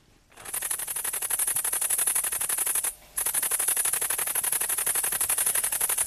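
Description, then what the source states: Great green bush-cricket stridulating in a fast, continuous, typewriter-like rattle of rapid pulses, broken by one brief pause near the middle. Played example of stridulation; sounds like a fast typewriter.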